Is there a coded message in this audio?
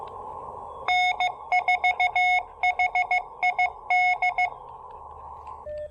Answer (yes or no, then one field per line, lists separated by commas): yes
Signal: Morse code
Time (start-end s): 0.9-4.5 s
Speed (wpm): 15 wpm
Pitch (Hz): 730 Hz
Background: none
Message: N4HID